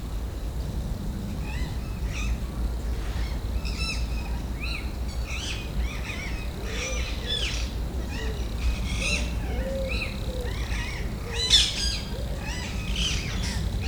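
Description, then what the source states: Rose-ringed parakeets give harsh, scratchy squawks in irregular bursts throughout, with a low, steady rumble of background noise underneath. Ring-necked parakeets squabbling in late afternoon, Jardin d'agronomie tropicale, Paris, France; MCE 530 microphone, USB dual preamp, H2.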